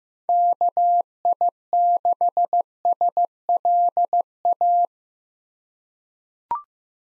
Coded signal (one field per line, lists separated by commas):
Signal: Morse code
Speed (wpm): 15 wpm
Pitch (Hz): 700 Hz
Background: none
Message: KI6SLA